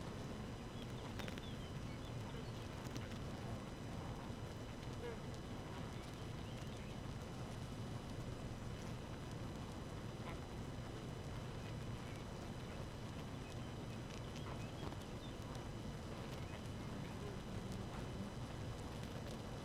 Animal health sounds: honeybee colony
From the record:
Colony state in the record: active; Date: 12 June 2018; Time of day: 4:56

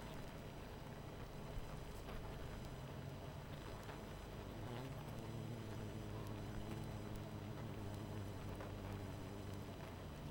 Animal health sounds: honeybee colony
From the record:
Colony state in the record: missing queen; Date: 14 July 2017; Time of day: 22:27

